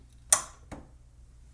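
A cyan ink cartridge is pushed into its slot in the carriage of an HP OfficeJet Pro printer (8135e, 8139e, 8132e, 8134e, 8138e, 9125e, 8130e). After a faint tick, a sharp click at 0.3 s shows the cartridge seating, followed by a softer knock around 0.7 s. The cartridge is seated.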